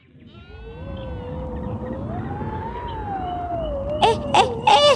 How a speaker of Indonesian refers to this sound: Sepertinya malam ini angin kencang. Kabel yang dipegangnya terombang-ambing oleh angin.